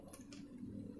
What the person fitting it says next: Nah, ini sampai terasa bunyi klek gitu ya. Klek, itu artinya udah pas.